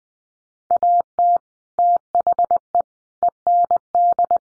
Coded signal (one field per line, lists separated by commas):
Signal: Morse code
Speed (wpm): 19 wpm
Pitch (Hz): 700 Hz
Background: none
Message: AT THE END